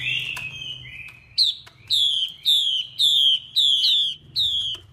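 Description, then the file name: Chinese hwamei with a sliding warbled opening, followed by six loud, evenly spaced downslurred whistles, roughly two per second. Female hwamei voice used to stimulate male birds. "Tieng chim hoa mi mai kich trong"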